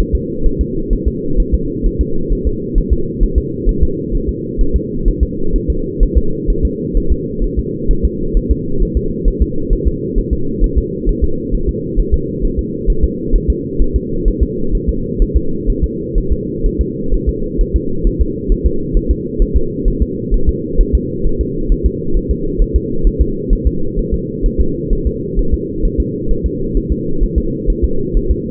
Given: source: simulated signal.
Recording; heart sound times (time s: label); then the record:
fetal heart sounds
0.00 s: S1
0.15 s: S2
0.47 s: S1
0.61 s: S2
0.93 s: S1
1.08 s: S2
1.40 s: S1
1.54 s: S2
1.87 s: S1
2.01 s: S2
2.33 s: S1
2.47 s: S2
2.78 s: S1
2.93 s: S2
3.23 s: S1
3.38 s: S2
3.69 s: S1
3.83 s: S2
4.15 s: S1
4.29 s: S2
4.61 s: S1
4.76 s: S2
5.08 s: S1
5.23 s: S2
5.56 s: S1
5.70 s: S2
6.03 s: S1
6.17 s: S2
6.50 s: S1
6.65 s: S2
6.97 s: S1
7.12 s: S2
7.44 s: S1
7.59 s: S2
7.91 s: S1
8.05 s: S2
8.37 s: S1
8.51 s: S2
8.82 s: S1
8.97 s: S2
9.28 s: S1
9.42 s: S2
9.73 s: S1
9.88 s: S2
10.18 s: S1
10.33 s: S2
10.64 s: S1
10.78 s: S2
11.09 s: S1
11.24 s: S2
11.54 s: S1
11.69 s: S2
12.00 s: S1
12.14 s: S2
12.45 s: S1
12.59 s: S2
12.90 s: S1
13.04 s: S2
13.35 s: S1
13.50 s: S2
13.82 s: S1
13.96 s: S2
14.28 s: S1
14.43 s: S2
14.75 s: S1
14.89 s: S2
15.22 s: S1
15.37 s: S2
15.70 s: S1
15.84 s: S2
16.18 s: S1
16.32 s: S2
16.66 s: S1
16.81 s: S2
17.14 s: S1
17.29 s: S2
17.61 s: S1
17.76 s: S2
18.07 s: S1
18.22 s: S2
18.52 s: S1
18.66 s: S2
18.97 s: S1
19.11 s: S2
19.42 s: S1
19.56 s: S2
19.88 s: S1
20.02 s: S2
20.34 s: S1
20.49 s: S2
20.81 s: S1
20.95 s: S2
21.27 s: S1
21.41 s: S2
21.72 s: S1
21.86 s: S2
22.17 s: S1
22.31 s: S2
22.62 s: S1
22.76 s: S2
23.07 s: S1
23.22 s: S2
23.53 s: S1
23.67 s: S2
23.99 s: S1
24.14 s: S2
24.46 s: S1
24.60 s: S2
24.93 s: S1
25.07 s: S2
25.39 s: S1
25.54 s: S2
25.85 s: S1
26.00 s: S2
26.31 s: S1
26.46 s: S2
26.77 s: S1
26.92 s: S2
27.23 s: S1
27.38 s: S2
27.70 s: S1
27.84 s: S2
28.17 s: S1
28.31 s: S2
From the record:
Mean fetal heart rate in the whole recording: 130 bpm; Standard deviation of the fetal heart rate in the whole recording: 4 bpm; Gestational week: 38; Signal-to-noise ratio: -8.1 dB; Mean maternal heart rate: 72 bpm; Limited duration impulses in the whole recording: present